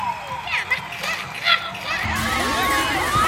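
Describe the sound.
An audience, many sounding like children, shouts and cheers together in support of a contest finalist, swelling into a sustained, loud roar of overlapping high-pitched yells in the second half.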